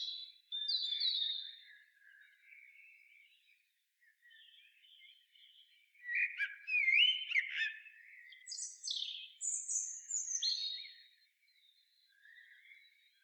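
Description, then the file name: Common blackbird song, fairly quiet: soft warbled phrases with thin high squeaks and twitters spread across the recording. "Turdus merula"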